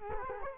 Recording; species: mosquito wingbeat signal from an infrared sensor; Culex quinquefasciatus